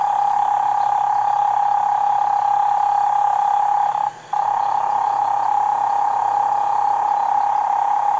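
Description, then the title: Cane toad trill, a steady droning tone that breaks off briefly around four seconds before resuming, with a high hiss above. Several toads at night in Australia, 2011. "EMERGING TERRITORIES. Cane Toads at Night"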